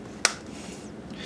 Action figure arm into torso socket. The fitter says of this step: and they snap right in and then you want to snap on the shoulder uh pads